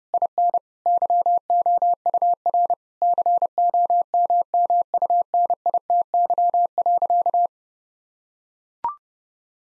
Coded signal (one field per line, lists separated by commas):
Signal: Morse code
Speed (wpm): 32 wpm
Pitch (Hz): 700 Hz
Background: none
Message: IN YOUR COMMUNITY.